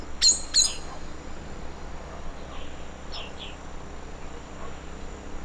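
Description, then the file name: Common blackbird call: two sharp, clicking chink notes at the start, followed by quiet hiss and a few faint high notes. "Turdus merula"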